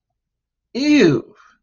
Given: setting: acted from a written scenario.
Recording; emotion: vocal sound without words; disgust